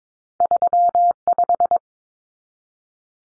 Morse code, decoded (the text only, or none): 35